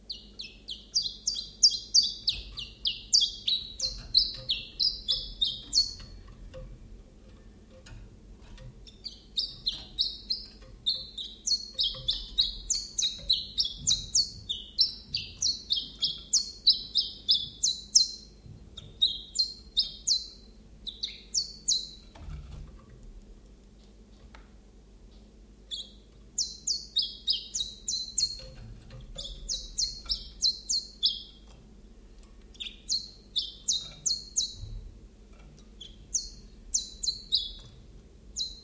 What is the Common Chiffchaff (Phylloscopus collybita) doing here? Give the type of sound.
song